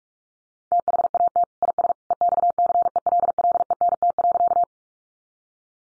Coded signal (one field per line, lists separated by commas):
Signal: Morse code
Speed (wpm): 44 wpm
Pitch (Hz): 700 Hz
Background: none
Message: THAT IS EXCELLENT.